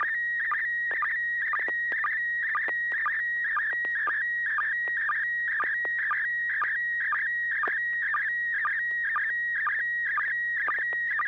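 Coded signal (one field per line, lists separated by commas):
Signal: SSTV (slow-scan television)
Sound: steady warbling whistle near 2 kHz with rhythmic low chirps about twice a second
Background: low steady hum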